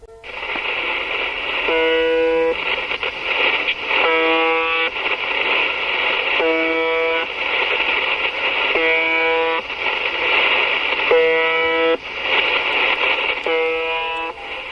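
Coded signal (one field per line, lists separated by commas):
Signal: channel marker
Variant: UVB-76 (The Buzzer)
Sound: six short harsh low buzzes, about one second each, repeating every 2.4 seconds over static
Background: radio static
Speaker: Pues podría ser el clon de un camión, la sirena de un barco, pero no se llama o se llamaba UVB76. Desde 1982 en que fue detectado, eh esta estación rusa soviética empezó siendo de onda corta emitía 25 pulsos como el que hemos oído todas las todos los minutos,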